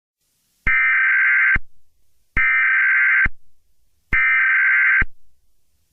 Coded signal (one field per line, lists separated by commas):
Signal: Emergency Alert System (SAME) tones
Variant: header bursts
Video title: (EAS) mock San Onofre power plant.